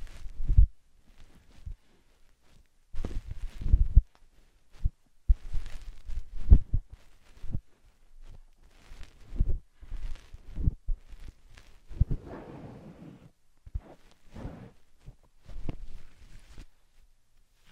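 Slime and sand being squished and handled, in short bursts of wet, squelchy crackle separated by brief silences. The bursts come every second or so, each a soft low thump with fizzy crackling on top, and a longer, grainier rustle near the twelve-second mark.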